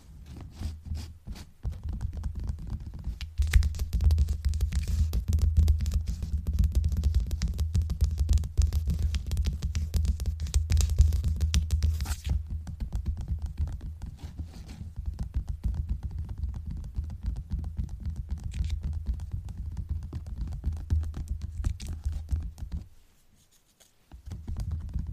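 Unintelligible whispers and mouth sounds run over a steady low throbbing rumble, with dense, fast tapping and crackly clicks scattered throughout. Around three to twelve seconds the activity is brightest. Near twenty-three seconds it drops to near silence before resuming.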